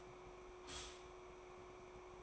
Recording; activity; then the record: daily activity, microphone in the room; stop toaster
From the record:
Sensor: 1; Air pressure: 1004.2 hPa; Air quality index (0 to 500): 200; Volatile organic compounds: 19 ppm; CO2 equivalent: 2648 ppm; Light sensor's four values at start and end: 4/13/4/5 and 5/13/4/5